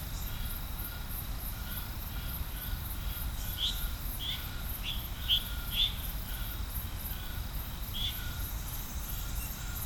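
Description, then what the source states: Frog chorus of short bright chirps, several clustered around the middle, over a steady pulsing insect buzz and a constant thin tone. Chorus of frogs recorded at Serrinha do Alambari, Brazil.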